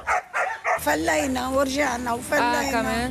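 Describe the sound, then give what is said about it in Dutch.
Seven small puppies in a box yelp in a few quick bursts, then break into a steady chorus of high, wavering whines and squeals that rise and fall without pause. “Hele schattige puppies. 7 kleine hondjes in een kistje.”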